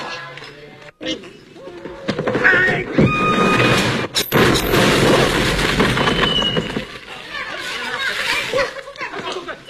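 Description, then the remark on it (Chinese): A loudspeaker falls and crashes down, a sharp heavy impact in the middle of a loud stretch of rumbling, clattering noise, with voices murmuring underneath. “这音箱怎么掉？赶紧，这音箱怎么会掉下来？”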